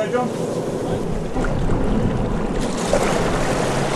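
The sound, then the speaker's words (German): A chartered boat's engine drones steadily as it heads out fishing into the glassy-calm Hauraki Gulf, New Zealand, in fine weather, while water rushes and splashes along the hull, with occasional gusts of wind buffeting the microphone. “Wir chartern ein Boot und fahren bei schönstem Wetter zum Fischen hinaus in den spiegelglatten Hauraki-Golf.”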